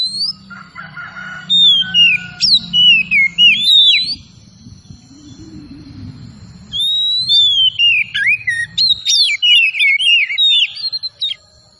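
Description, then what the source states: Oriental magpie-robin song of loud, slurred whistles and rapid chirps in bursts, with a low rumbling sound partway through. Tretes kacer singing vigorously (gacor).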